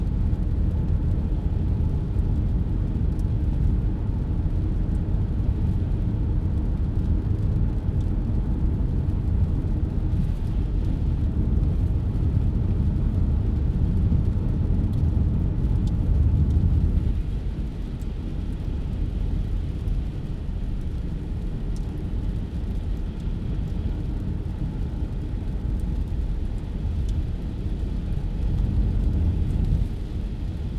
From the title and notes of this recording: Sit in the passenger seat as we drive along a bush road into town on a rainy winter’s day. The rain is oscillating softer then harder on the roof, and the road hums by underneath.